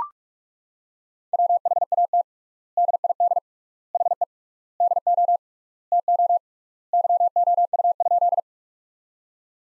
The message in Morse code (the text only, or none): WHAT DID HE DO TO YOU?